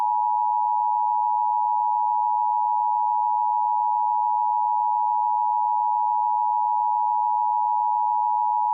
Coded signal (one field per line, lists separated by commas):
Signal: Emergency Alert System (SAME) tones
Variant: 853 and 960 Hz attention tone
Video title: [EAS] The Alternative: An Alternate History EAS Scenario